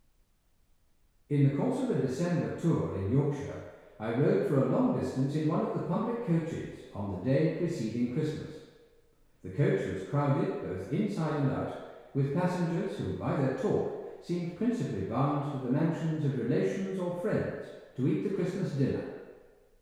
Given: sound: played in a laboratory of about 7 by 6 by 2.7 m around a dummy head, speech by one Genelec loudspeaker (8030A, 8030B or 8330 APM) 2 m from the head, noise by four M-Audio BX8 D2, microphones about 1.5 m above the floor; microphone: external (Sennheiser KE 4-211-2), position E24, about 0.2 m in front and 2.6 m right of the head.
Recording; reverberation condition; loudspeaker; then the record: male speech in English; high; 90 degrees to the right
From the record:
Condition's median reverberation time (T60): about 1300 ms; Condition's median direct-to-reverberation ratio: about -4.0 dB